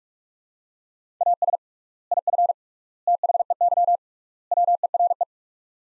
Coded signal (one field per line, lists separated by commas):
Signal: Morse code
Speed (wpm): 46 wpm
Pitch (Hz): 700 Hz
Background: none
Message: AS IF THEY WERE